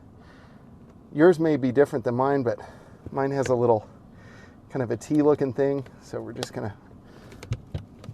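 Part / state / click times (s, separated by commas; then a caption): footwell speaker assembly into dashboard trim panel / seated / 7.5 s. A plastic under-dash footwell speaker assembly on a Tesla Model 3/Y is lined up by its T-shaped locator and pressed into the dashboard trim panel while someone talks. A few small clicks follow, and the speaker clip snaps and seats into the trim at 7.5 s.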